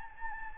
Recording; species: mosquito wingbeat signal from an infrared sensor; Anopheles gambiae